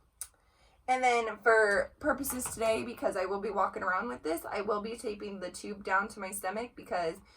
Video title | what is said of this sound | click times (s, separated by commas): Eat With Me - Setting Up My Tube Feeds | so that it locks into place just like that. | 0.2 s